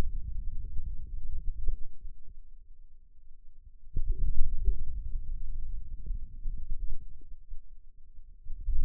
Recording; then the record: forearm muscle sounds (acoustic myography)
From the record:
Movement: wrist extension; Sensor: system 2, bracelet of six BSWA MPA416 microphones around the upper forearm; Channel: 2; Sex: male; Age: 22 years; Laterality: right